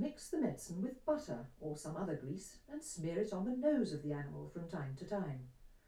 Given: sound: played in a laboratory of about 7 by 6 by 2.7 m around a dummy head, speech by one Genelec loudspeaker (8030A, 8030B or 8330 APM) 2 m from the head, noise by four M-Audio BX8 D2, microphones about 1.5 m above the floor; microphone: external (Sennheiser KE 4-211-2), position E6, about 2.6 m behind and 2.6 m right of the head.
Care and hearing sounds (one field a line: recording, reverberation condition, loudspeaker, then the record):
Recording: female speech in English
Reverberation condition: low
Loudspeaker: 150 degrees to the left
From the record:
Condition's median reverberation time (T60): about 310 ms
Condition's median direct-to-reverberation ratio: about 3.5 dB